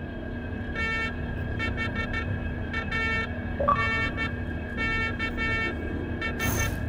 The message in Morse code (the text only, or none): THANKS